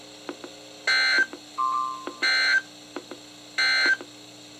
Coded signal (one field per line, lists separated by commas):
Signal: Emergency Alert System (SAME) tones